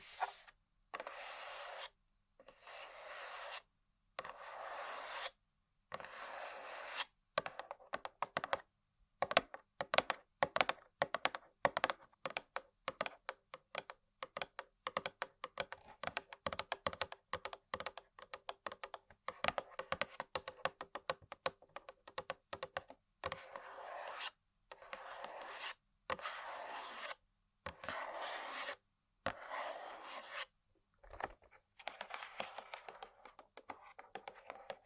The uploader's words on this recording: ASMR Tapping & Scratching On Random Objects (No Talking).